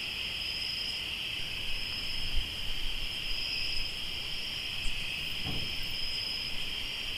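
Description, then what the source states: Crickets trill continuously in two bright high bands, an unbroken chorus with light low background noise. Crickets recorded in Tlayacapan, Morelos.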